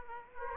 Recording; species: mosquito wingbeat signal from an infrared sensor; Aedes aegypti